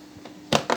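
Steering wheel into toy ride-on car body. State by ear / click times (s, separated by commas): seated / 0.5 s, 0.7 s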